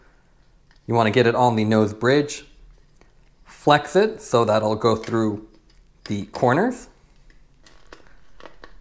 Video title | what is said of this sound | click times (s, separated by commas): Cyclist guide to changing Smith Bobcat Cycling Sunglasses Lens - feat. Oversized lens | and you have to just apply a little bit of pressure pull up on the top and you'll hear everything sort of click into place | 8.6 s